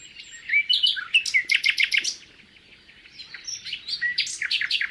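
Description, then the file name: Common nightingale delivering quick, varied chirping phrases with rapid repeated notes, a brief pause, then more song. "Luscinia megarhynchos"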